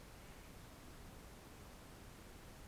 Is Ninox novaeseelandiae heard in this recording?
no